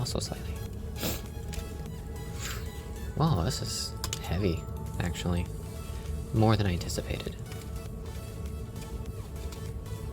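A heavy plastic brick assembly is handled over the model body while someone talks over background music, with soft plastic handling noises throughout. Nothing has seated or clicked yet; the section still has to snap fully home, since a part that isn't clicked in all the way leaves the model unable to stand up right.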